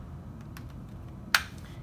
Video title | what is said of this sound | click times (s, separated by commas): TASER Pulse+ Unboxing | hear that click into place you'll know that's in position | 1.3 s